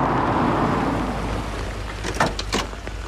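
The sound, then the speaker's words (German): Heavy rain pours in a steady, dense hiss around a car, over a low rumbling drone, with a few brief sharp taps and splashes toward the end. No one speaks. “Himmel, Leute, kommt aus dem Regen, ihr holt euch ja noch den Tod.”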